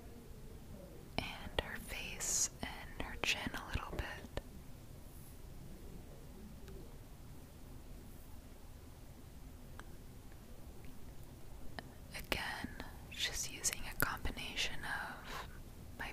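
Close, gentle brushing and scratching comes in two clusters of quick, crisp strokes, one near the start and another toward the end. Between them is a quieter stretch with only a soft, low hum and a few faint isolated scrapes.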